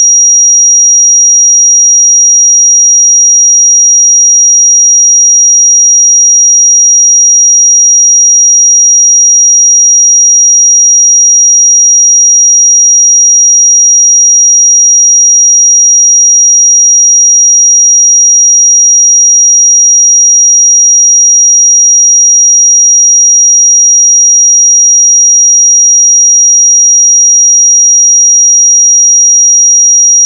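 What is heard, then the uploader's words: A pure sine tone at 5722 Hz holds perfectly steady for the full thirty seconds, with no change in pitch or loudness. The single high, piercing whistle stands alone, with no other sounds behind it. 5722 Hz 1 Hz Interval Sine Pure Tone Frequency 441000 Sample Mono.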